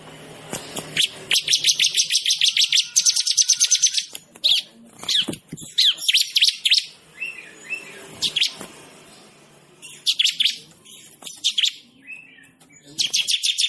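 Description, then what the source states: Bird song in bursts of rapid, high, repeated chirps, broken by short pauses, with a few scattered single notes between the bursts. Bird with a melodious voice.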